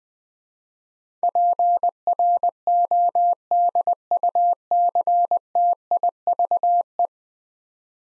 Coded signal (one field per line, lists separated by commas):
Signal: Morse code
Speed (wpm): 20 wpm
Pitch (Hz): 700 Hz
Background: none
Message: PRODUCTIVE